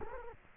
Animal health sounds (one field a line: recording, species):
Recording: mosquito wingbeat signal from an infrared sensor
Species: Culex quinquefasciatus